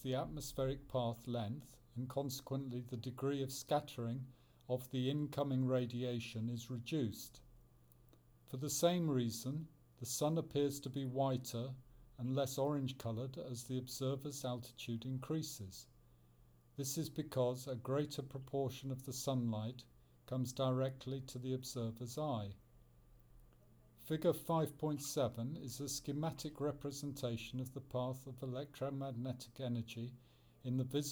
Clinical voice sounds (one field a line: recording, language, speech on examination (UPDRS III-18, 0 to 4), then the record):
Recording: text read into a phone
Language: English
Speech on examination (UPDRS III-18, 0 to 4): 0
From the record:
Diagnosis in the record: Parkinson's disease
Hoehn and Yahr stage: 2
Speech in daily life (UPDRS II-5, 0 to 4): 0